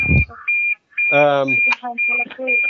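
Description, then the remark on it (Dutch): A fire alarm emits a shrill, high-pitched tone in repeated long beeps with brief gaps, while people talk underneath it. “Brandalarm.”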